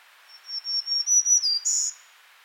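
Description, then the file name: Black-throated green warbler giving a lazy, buzzy song: high pulsing notes building in loudness, a short drop, and a bright, higher buzz closing the phrase. "Setophaga virens - Black-throated Green Warbler"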